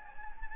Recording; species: mosquito wingbeat signal from an infrared sensor; Anopheles gambiae